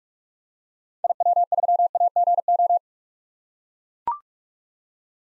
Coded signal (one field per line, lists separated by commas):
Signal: Morse code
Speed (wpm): 43 wpm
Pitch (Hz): 700 Hz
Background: none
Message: IW3AGO